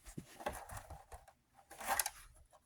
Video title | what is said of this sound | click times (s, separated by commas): Buillding a Road Under the Eiffel Tower | Well, that one just clicked into place without any help. | 2.0 s